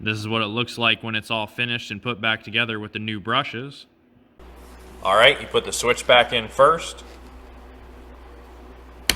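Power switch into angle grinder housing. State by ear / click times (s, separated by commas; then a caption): seated / 9.1 s. Someone talks while reassembling an angle grinder after a brush replacement, then pushes the plastic power switch back into the motor housing. A single sharp snap is heard at 9.1 s as the switch pops into place and seats.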